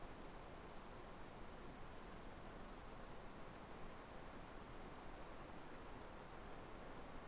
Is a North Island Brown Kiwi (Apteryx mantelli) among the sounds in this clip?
no